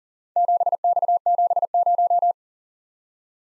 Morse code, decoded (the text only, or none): 7X70